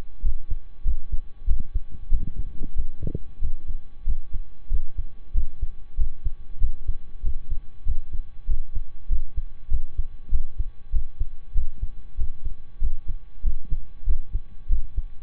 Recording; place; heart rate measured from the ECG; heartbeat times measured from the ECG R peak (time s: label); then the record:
heart sounds by stethoscope; between the tricuspid and mitral areas; 95 bpm
0.20 s: heartbeat
0.82 s: heartbeat
1.44 s: heartbeat
2.08 s: heartbeat
2.73 s: heartbeat
3.38 s: heartbeat
4.03 s: heartbeat
4.68 s: heartbeat
5.31 s: heartbeat
5.94 s: heartbeat
6.57 s: heartbeat
7.20 s: heartbeat
7.83 s: heartbeat
8.45 s: heartbeat
9.06 s: heartbeat
9.67 s: heartbeat
10.28 s: heartbeat
10.89 s: heartbeat
11.52 s: heartbeat
12.15 s: heartbeat
12.78 s: heartbeat
13.41 s: heartbeat
14.03 s: heartbeat
14.66 s: heartbeat
From the record:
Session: slow and fast walking with breaks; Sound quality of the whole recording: saturated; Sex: male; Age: 25 years